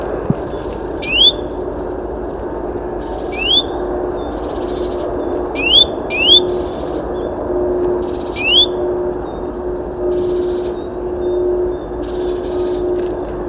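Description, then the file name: Great tit: scattered rising whistled notes, single or paired, mixed with short buzzy rattles, against a continuous low drone. "Parus major"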